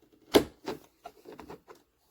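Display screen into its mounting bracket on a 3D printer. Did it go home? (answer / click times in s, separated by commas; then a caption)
yes / 0.4 s. The display screen of a Creality Ender 3 V3 SE 3D printer is fitted onto its mounting bracket without unbolting it, and it locks in place with a sharp click at 0.4 s. Quieter taps and knocks follow at about 0.7, 1.1 and 1.4 s, with the screen seated on the bracket.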